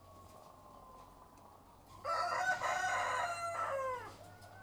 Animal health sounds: poultry house recording; sick chickens (respiratory disease)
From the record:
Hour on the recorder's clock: 12

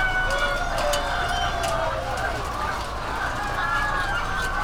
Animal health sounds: poultry house recording; healthy chickens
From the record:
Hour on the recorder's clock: 20

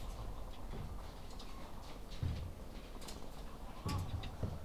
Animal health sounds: poultry house recording; sick chickens (respiratory disease)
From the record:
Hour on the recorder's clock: 10

